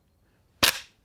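One sharp metallic clack at 0.6 s marks the steel bolt slamming fully shut.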